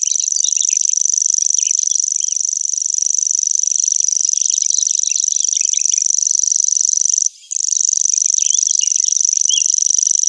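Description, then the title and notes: Common grasshopper warbler song: a steady, very high, cricket-like reel running almost unbroken, with one brief pause near the end and soft twittering beneath. Recorded in Germany, Austria and Switzerland. "Feldschwirl - Grasshopper Warbler"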